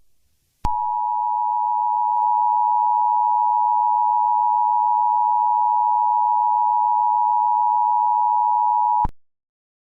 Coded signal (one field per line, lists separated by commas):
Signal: Emergency Alert System (SAME) tones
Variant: 853 and 960 Hz attention tone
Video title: Tung Tung Tung Sahur The EAS Scenario (#96)